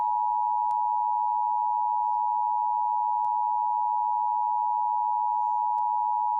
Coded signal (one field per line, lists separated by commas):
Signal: Emergency Alert System (SAME) tones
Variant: 853 and 960 Hz attention tone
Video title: KOAM/KGET/WGBA/WBAY/KQDS Emergency Alert System (EAS) Tests, Summer 2021